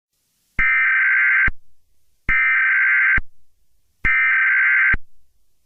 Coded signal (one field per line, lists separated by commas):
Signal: Emergency Alert System (SAME) tones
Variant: header bursts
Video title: EAS Scenario - The Jellyfish